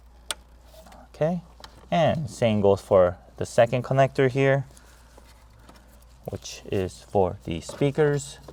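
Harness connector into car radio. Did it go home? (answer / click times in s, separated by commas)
yes / 0.3 s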